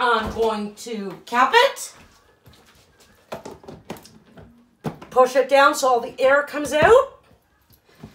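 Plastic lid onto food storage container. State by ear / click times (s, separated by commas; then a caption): not seated / none. Someone talks while handling a plastic lid onto a food storage container of fruit salad, setting it on and pressing it down to push the air out. Short knocks and taps of the lid are heard around 3.3 to 4.1 s and at 5.0 s. The lid has not clicked shut or sealed yet.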